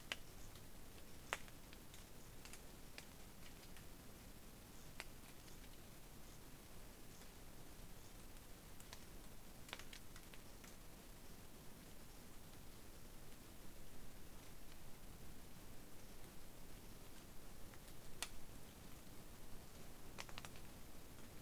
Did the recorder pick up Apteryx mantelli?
no